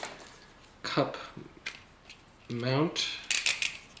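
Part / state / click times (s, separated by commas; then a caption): plastic mount piece into suction-cup camera mount / seated / 3.3 s, 3.5 s, 3.7 s. A plastic mount piece is fitted into an action-camera suction-cup mount, and it seats with a short run of ratchet-like plastic clicks at 3.3, 3.5 and 3.6 seconds. Someone talks before the clicks, and a few sharper taps come earlier.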